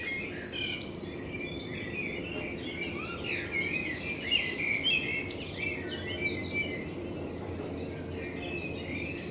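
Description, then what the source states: Common blackbird song: warbled, whistled phrases and high twitters against a constant low hum. Blackbird in front of the recordist's window; binaural recording made with a home-built dummy head, intended for headphone listening.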